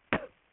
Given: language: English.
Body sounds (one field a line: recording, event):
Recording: throat vibration sensor signal played as sound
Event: cough